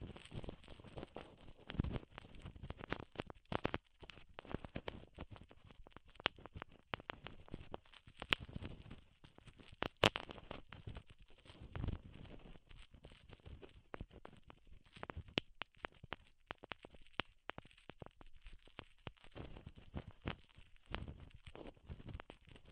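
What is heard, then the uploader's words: A bandage being peeled off gives a steady run of dense, dry crackling and sticky clicks, with a sharp loud snap near the middle. ASMR Ripping Off the Band Aid (No Talking).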